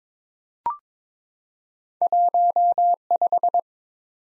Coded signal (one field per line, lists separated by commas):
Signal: Morse code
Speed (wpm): 22 wpm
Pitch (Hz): 700 Hz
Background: none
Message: 15